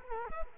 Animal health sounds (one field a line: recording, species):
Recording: mosquito wingbeat signal from an infrared sensor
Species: Culex quinquefasciatus